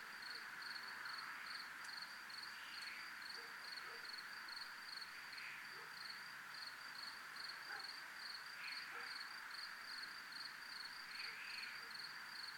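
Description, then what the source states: Cricket trilling in a steady, high pulsed drone throughout, with a few brief scattered sounds in the background. Recorded at a place called zona militar.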